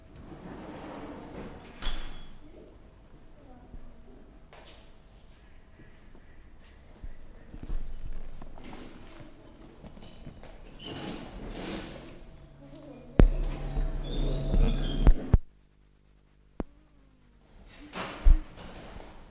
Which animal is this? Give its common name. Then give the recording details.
Wildcat. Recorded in captivity. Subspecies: griselda. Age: adult. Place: Zoo Berlin, Berlin, DE. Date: 1959-08-10 15:45. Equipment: Reporter (Vollspur). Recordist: TSA